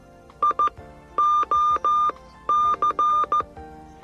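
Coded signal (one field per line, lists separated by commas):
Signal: Morse code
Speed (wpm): 14 wpm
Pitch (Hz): 1200 Hz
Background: music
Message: IOC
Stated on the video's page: VOR station identifier.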